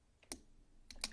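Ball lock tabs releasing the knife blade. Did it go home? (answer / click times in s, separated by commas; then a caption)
released / 0.3 s, 1.0 s. Pulling down the lock tabs on a Manix 2 folding knife in 15V releases its ball lock with sharp clicks at 0.3 s and 1.0 s, each preceded by a fainter tick. The lock releases, the click coming from lock stick that still sounds cool.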